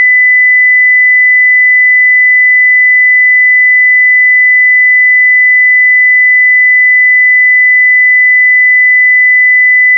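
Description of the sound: A steady, continuous pure sine tone at about 2000 Hz from a tone generator, held for the whole ten seconds, used as a test tone for tinnitus determination by matching the pitch of one's tinnitus.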